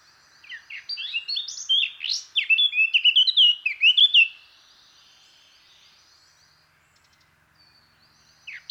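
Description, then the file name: Eurasian blackcap giving one hurried warbling phrase that builds into loud clear whistled notes, then a quiet stretch until a brief new start at the end. "Sylvia atricapilla"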